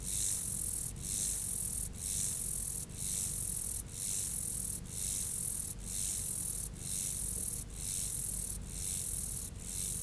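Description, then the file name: Mottled grasshopper song, a run of rasping buzzes, each nearly a second long and broken by short gaps, repeated evenly about once per second. "Myrmeleotettix maculatus"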